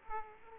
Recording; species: mosquito wingbeat signal from an infrared sensor; Aedes aegypti